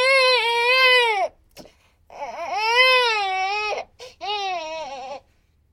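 A baby cries in three strong, high-pitched wails separated by short catch-breaths, each with a rising-then-falling melody. This is a full-voiced, clear infant cry with no hoarseness or weak voicing.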